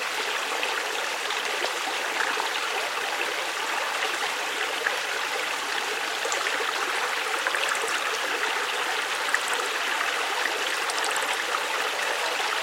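Water of the River Allen, a chalk river in the UK, runs in a steady, dense rush with fine splashing and trickling detail. The flow stays even for the whole stretch, mostly bright and hissy with little low rumble, and small droplet sounds flicker throughout.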